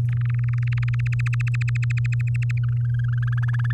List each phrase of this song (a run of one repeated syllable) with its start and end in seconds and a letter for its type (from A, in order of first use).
0.09-0.95 A, 0.99-2.58 B, 2.64-3.72 C